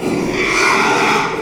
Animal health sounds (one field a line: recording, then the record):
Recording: squeal of a Yucatan mini pig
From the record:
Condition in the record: after surgery on the right vocal fold (resection and tissue-engineered implant)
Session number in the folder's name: 1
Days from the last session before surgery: 6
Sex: male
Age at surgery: 12 weeks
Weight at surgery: 13 kg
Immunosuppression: cyclosporine, prednisolone